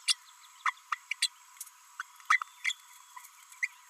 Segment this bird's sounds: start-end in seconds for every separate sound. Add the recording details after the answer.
0.08-0.14, 0.65-0.73, 1.11-1.13, 1.22-1.27, 1.99-2.02, 2.30-2.40, 2.64-2.73, 3.62-3.68. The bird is a female. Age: 32 days. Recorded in a nest box in Venezuela. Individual 17B32A5